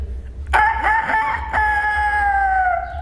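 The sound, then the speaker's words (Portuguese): A man's voice does a loud rooster crow: a sharp opening burst, then one long, strained, tonal cry that holds and slowly slides down in pitch for a couple of seconds. “Então, já que não acreditaram que era eu mesmo que tava imitando galo.”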